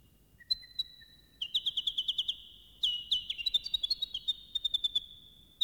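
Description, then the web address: Bird singing brisk trills of evenly spaced notes in several bursts separated by brief pauses, with thin whistled notes at the start. "animali uccelli uccelli birds"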